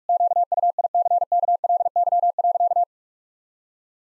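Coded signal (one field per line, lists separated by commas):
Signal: Morse code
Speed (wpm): 46 wpm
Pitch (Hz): 700 Hz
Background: none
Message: QUICKLY.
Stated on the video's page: Morse practice of sentences with common six-word phrases at 45 wpm, each sent twice.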